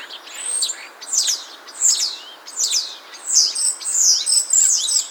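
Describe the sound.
Common starling singing loud, sweeping downslurred whistles mixed with buzzy, grating phrases, one after another with barely a pause.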